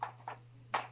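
The smaller side of a plastic toy hubcap is pushed into the wheel hub of a Playmobil Family Fun 4144 family car with boat trailer until it seats. Three short plastic clicks are heard at about 0.0, 0.3 and 0.8 seconds over a steady low hum, with the last click the loudest. The hubcap clips into the wheel.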